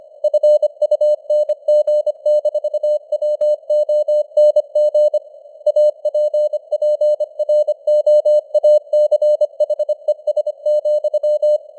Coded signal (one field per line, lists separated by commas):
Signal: Morse code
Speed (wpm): 25 wpm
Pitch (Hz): 600 Hz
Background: none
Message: FUNG-WONG APPROACHES,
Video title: Morse Code News | 2025-11-09 | 25wpm